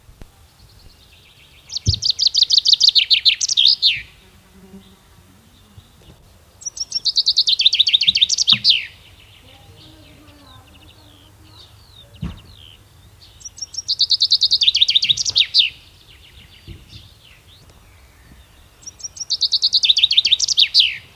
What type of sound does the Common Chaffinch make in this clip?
song